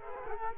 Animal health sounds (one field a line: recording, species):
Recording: mosquito wingbeat signal from an infrared sensor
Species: Culex quinquefasciatus